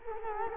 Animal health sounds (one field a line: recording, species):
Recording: mosquito wingbeat signal from an infrared sensor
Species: Culex quinquefasciatus